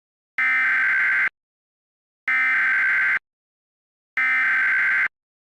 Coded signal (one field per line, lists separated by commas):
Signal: Emergency Alert System (SAME) tones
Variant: header bursts